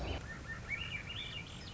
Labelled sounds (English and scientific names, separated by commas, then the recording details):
Swainson's Thrush (Catharus ustulatus)
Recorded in Sonoma County, California